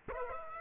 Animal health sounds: mosquito wingbeat signal from an infrared sensor; Aedes aegypti

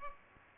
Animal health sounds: mosquito wingbeat signal from an infrared sensor; Aedes aegypti

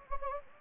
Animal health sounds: mosquito wingbeat signal from an infrared sensor; Anopheles gambiae

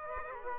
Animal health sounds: mosquito wingbeat signal from an infrared sensor; Aedes aegypti

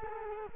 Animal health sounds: mosquito wingbeat signal from an infrared sensor; Culex quinquefasciatus

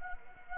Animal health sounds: mosquito wingbeat signal from an infrared sensor; Anopheles arabiensis

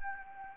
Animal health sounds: mosquito wingbeat signal from an infrared sensor; Anopheles arabiensis

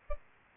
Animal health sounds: mosquito wingbeat signal from an infrared sensor; Aedes albopictus

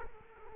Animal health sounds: mosquito wingbeat signal from an infrared sensor; Culex quinquefasciatus

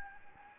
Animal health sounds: mosquito wingbeat signal from an infrared sensor; Anopheles gambiae

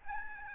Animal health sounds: mosquito wingbeat signal from an infrared sensor; Aedes albopictus

